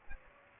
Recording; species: mosquito wingbeat signal from an infrared sensor; Aedes aegypti